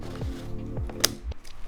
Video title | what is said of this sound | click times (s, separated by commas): We Bought a Broken $50 Dell Toughbook... Was it worth it? | Satisfying click, and now, in theory, | 1.0 s